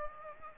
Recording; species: mosquito wingbeat signal from an infrared sensor; Aedes aegypti